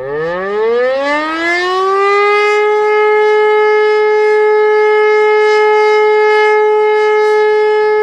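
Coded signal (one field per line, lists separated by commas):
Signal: siren signal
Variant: E57 siren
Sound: mechanical siren winding up from low pitch, then holding one steady loud tone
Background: outdoor ambience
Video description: Monatliche Sirenenprobe aller Sirenen der Stadt Niederkassel am 2. Samstag im Monat um 11.15 Uhr.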